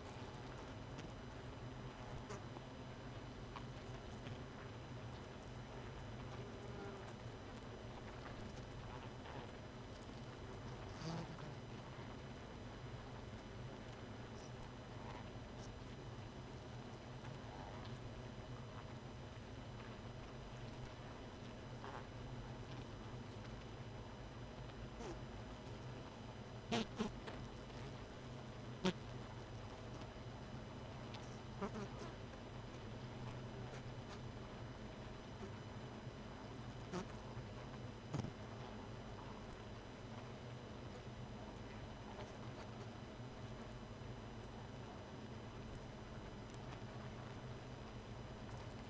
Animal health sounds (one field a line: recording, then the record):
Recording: honeybee colony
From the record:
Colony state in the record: missing queen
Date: 31 May 2018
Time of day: 1:17